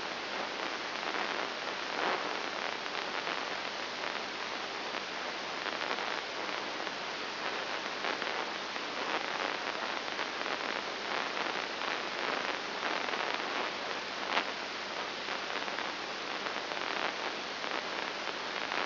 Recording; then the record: brain microelectrode recording played as sound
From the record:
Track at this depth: inside the subthalamic nucleus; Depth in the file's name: 2.903 mm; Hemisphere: left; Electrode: 3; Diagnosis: Parkinson's disease